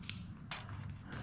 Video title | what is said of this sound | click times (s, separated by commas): Bosch CX 550 Error Code Solution | hear that click | 0.1 s